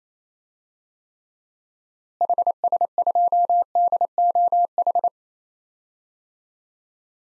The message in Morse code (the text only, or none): HS2DOH